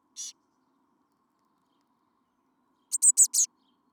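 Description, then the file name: Eurasian blue tit: one high rasping note, nearly three seconds of silence, then a fast burst of four bright, buzzy call notes. "Cyanistes caeruleus"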